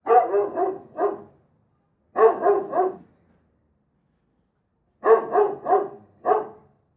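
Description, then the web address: Large dog barking in bursts of three to four deep, harsh barks separated by short pauses of silence. Large dog barking in a backyard. "chien tj grand aboie cour arriere"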